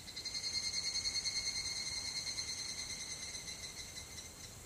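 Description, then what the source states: Higurashi cicada singing a rapid, evenly pulsed ringing trill that slowly fades over a few seconds. Song referred to as kanakana.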